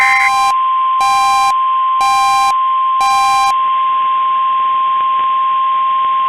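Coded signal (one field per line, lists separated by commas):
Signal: Emergency Alert System (SAME) tones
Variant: 1050 Hz attention tone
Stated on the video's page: Tornado alerts from NOAA Weather Radio KEC65 and FM station KSTP-FM.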